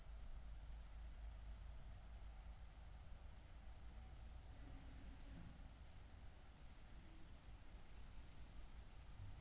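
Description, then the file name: Cricket trilling in high, fast-pulsed bursts of one to three seconds, separated by short breaks, over a steady low hum. Recorded at Nordring, Kirchmöser, Brandenburg, Germany, on 4 August 2014 at night, around 00:53. "City Country Me Brandenburg Kirchmoeser Nordring Grillen 201408040053"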